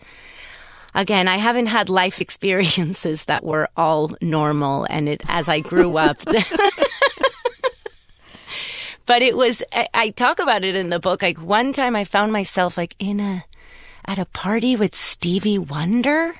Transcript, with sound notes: Again, I haven't had life experiences that were all normal and it - as I grew up.
(LAUGHTER)
But it was - I talk about it in the book. Like, one time I found myself like in a - at a party with Stevie Wonder.